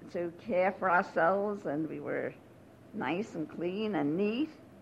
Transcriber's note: none